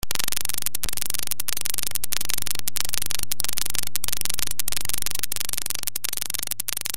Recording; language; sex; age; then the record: short text; Brazilian Portuguese; male; 30 to 39 years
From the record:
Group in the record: control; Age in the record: 31 years